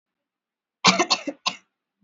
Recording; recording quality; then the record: shallow voluntary cough; excellent, no background noise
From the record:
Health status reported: COVID-19 positive, mild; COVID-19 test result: positive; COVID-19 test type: RT-PCR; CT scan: not taken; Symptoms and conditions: cough, fatigue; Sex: female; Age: 22 years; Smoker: no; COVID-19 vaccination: one dose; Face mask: worn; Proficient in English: yes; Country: India